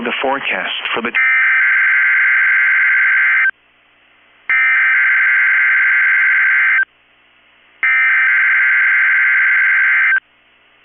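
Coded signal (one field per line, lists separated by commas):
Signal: Emergency Alert System (SAME) tones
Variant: header bursts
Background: speech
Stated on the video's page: Required weekly test from a NOAA Weather Radio station.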